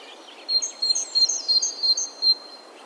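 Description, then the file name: Great tit, a brief run of around seven bright high notes, paired upper and lower pitches, evenly spaced. "Parus major"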